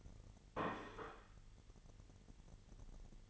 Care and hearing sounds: daily activity, microphone in the room; place plate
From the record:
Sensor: 4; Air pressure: 989.4 hPa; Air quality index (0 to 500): 212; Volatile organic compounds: 60 ppm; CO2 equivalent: 3422 ppm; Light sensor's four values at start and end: 26/91/33/35 and 26/91/33/35

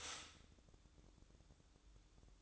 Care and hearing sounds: daily activity, microphone in the room; stop toaster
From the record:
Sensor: 3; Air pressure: 1007.2 hPa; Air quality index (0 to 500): 55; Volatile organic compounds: 1 ppm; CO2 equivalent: 596 ppm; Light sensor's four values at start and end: 7/17/7/7 and 8/17/7/7

